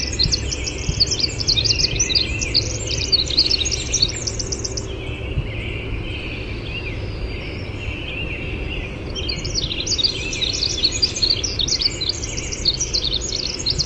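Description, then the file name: Winter wren song: two long bursts of fast, high, tinkling trills with a quieter stretch of several seconds between, over a constant low rushing noise. "WIWR song"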